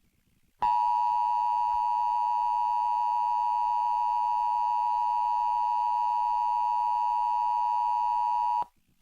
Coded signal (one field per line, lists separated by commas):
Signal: Emergency Alert System (SAME) tones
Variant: 853 and 960 Hz attention tone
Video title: 1-11-19 Winter Storm Warning (EAS #284)